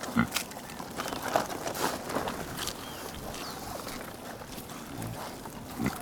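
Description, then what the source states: Domestic pig eating: sharp crunching and chewing bursts throughout, with a short low grunt near the start and another near the end. Piglets eating vegetables.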